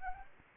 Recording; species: mosquito wingbeat signal from an infrared sensor; Anopheles arabiensis